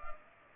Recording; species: mosquito wingbeat signal from an infrared sensor; Culex pipiens